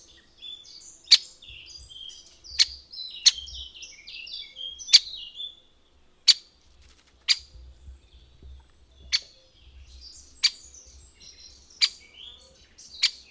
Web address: agykontroll Madardalok Cd 2. Nagy fakopáncs